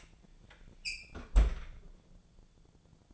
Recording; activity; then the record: daily activity, microphone in the room; close fridge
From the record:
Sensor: 5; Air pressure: 1000.2 hPa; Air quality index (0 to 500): 98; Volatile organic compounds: 1 ppm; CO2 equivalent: 797 ppm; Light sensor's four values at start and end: 248/588/252/278 and 242/575/247/271